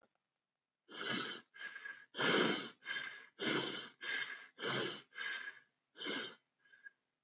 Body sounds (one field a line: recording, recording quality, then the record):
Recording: shallow breathing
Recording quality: excellent, no background noise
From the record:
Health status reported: respiratory illness, not identified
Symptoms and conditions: cold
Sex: male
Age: 18 years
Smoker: not ticked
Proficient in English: yes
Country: India